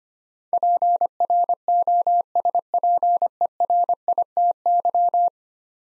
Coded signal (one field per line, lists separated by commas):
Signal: Morse code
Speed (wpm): 25 wpm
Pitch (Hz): 700 Hz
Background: none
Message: PROSPERITY